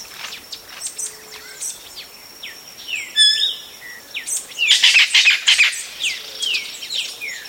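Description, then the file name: Bird calls: many short, downslurred whistled notes scattered throughout, broken by a loud burst of harsh, grating chatter past the middle. "SABIOD 50 bird 2015"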